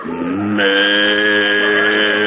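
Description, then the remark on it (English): A cow gives one long, loud, steady moo lasting over two seconds, with a bright, brassy tone that jumps slightly higher early on and then holds. “Where's that cow?”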